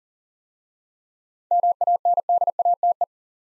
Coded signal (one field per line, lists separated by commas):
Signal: Morse code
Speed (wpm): 42 wpm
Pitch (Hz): 700 Hz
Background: none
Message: MANDATE